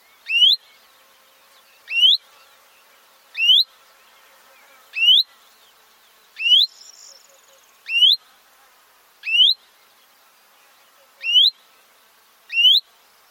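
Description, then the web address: Common chaffinch repeating a bright, rising whistled note about every one and a half seconds over a quiet background. "Deverinetal 2025 File origin Bird Only Fr Co"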